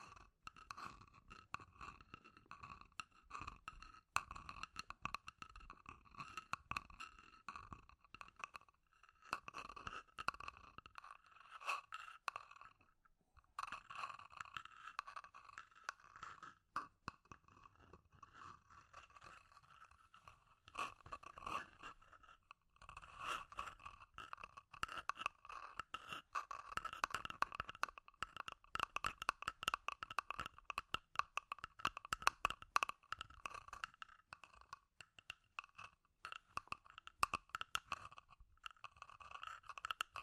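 Scratchy tapping runs in dense, irregular bursts of sharp clicks and scrapes, briefly pausing near 13 and 22 seconds before resuming.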